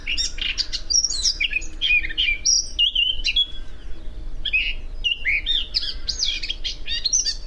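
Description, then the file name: Eurasian blackcap song with a continuous tumbling warble of varied chirps and short whistles, heard over a faint steady hum. "Sylvia atricapilla"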